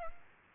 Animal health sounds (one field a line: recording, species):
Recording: mosquito wingbeat signal from an infrared sensor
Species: Aedes aegypti